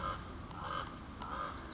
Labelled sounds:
Common Raven (Corvus corax)
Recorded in Sonoma County, California

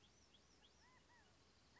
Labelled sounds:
California Quail (Callipepla californica)
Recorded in Sonoma County, California

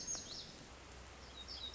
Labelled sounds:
Black-throated Gray Warbler (Setophaga nigrescens)
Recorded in Sonoma County, California

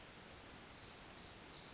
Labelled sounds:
Pacific Wren (Troglodytes pacificus)
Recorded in Sonoma County, California

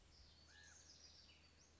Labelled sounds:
House Wren (Troglodytes aedon)
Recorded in Sonoma County, California

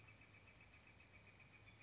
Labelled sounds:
Northern Flicker (Colaptes auratus)
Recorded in Sonoma County, California

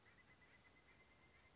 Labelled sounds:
Pileated Woodpecker (Dryocopus pileatus)
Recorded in Sonoma County, California

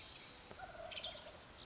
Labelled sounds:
Wild Turkey (Meleagris gallopavo)
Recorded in Sonoma County, California

